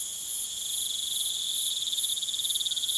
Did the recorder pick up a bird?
no